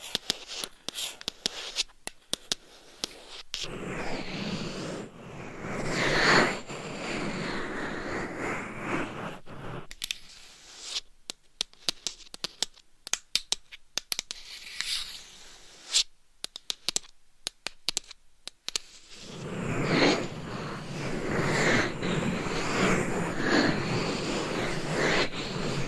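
Scratching and tapping with nails on different items, in dense rasping bursts from about 3 to 10 seconds and again from 19 seconds on. Between them comes a sparser stretch of quick, scattered taps and clicks with short silences.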